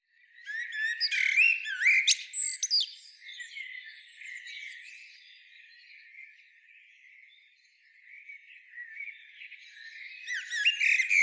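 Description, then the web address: Common blackbird calls: a dense burst of harsh, squeaky chatter at the start, fading to soft twitters, then another harsh burst at the end. "SETE Turdus merula"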